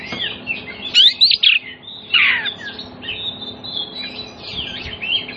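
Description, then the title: Oriental magpie-robin song with a few loud whistles and a harsh burst early, then softer warbling whistles running on. Kacer song played as a lure so that other magpie-robins answer and sing well within about five minutes, meant for birds that have stopped singing. "Cukup Hitungan Menit Kacer Lain Bisa Bunyi. CUKUP 5 Menit Kacer LAIN NYAUT JADI GACOR, PANCINGAN KACER MACET BUNYI"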